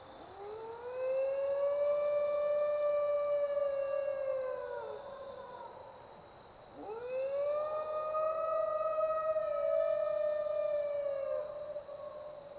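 Dingo howling, two long sustained howls of about five seconds each, swooping up at the start, holding steady, then dropping away, with continuous insect buzzing.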